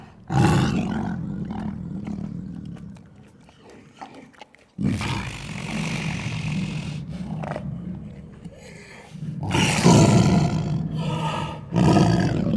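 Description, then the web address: Tiger roaring in several loud, deep, rasping bursts in close succession. "bruitage Animaux Tigre"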